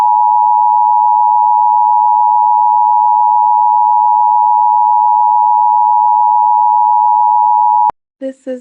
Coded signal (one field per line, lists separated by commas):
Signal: Emergency Alert System (SAME) tones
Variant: 853 and 960 Hz attention tone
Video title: EAS Scenario: Lost in Silence (INSPIRATION)